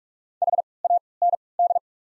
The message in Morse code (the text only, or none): HAND